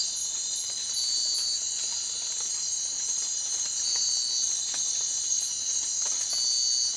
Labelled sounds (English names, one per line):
none